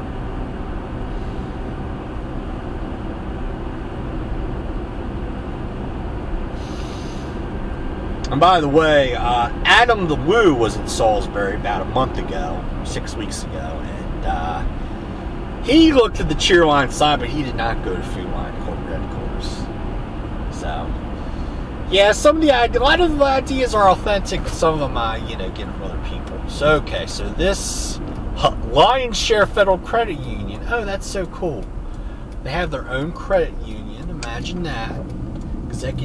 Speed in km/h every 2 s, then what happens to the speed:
79, 79, 79, 81, 82, 82, 82, 81, 82, 82, 82, 77, 76, 68, 56, 47, 37, 34.
0-20 steady at about 82. 20-36 slows to 34.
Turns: none.